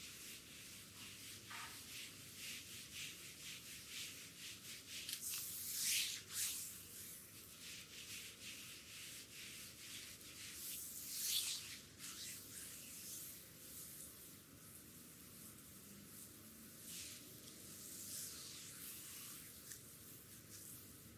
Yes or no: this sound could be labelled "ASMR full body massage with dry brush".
yes